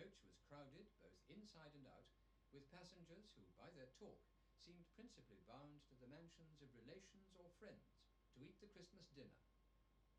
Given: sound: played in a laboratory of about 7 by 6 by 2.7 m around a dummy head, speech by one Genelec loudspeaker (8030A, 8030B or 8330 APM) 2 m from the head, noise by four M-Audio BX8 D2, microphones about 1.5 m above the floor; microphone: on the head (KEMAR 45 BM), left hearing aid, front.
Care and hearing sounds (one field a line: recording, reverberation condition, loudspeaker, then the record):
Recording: male speech in English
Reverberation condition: low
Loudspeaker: 30 degrees to the right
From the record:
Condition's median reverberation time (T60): about 310 ms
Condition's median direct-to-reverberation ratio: about 3.5 dB